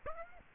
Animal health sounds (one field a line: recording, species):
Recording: mosquito wingbeat signal from an infrared sensor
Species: Aedes aegypti